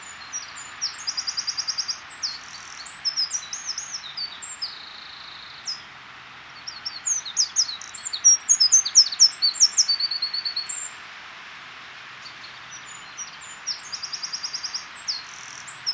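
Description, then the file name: Eurasian wren repeating loud, high songs: rapid trills and sharp twittering phrases in several bursts separated by short pauses over sixteen seconds. "Troglodytes troglodytes"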